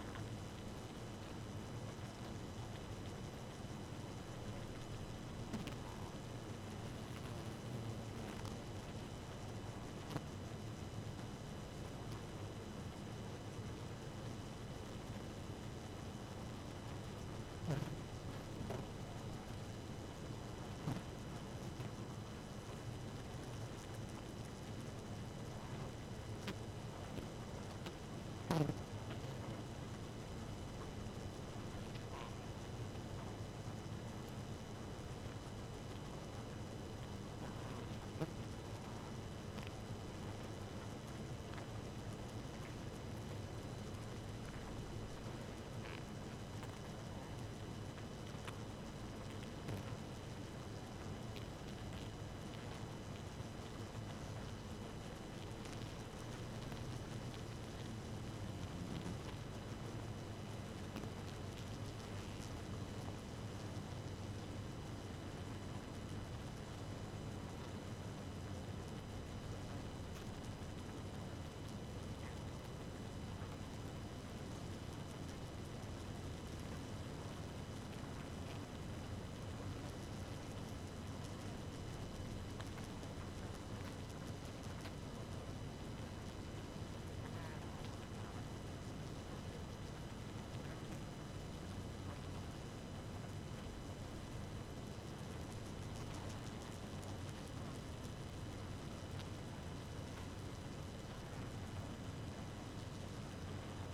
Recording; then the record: honeybee colony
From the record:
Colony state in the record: active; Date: 12 June 2018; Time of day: 1:46